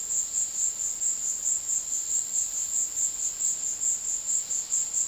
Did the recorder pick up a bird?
no